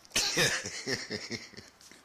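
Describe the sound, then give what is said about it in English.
A harsh opening cough followed by a run of shorter, rhythmic hacking coughs that gradually weaken, a fit of roughly six bursts in about two seconds. “Hey, why are you coughing in there?”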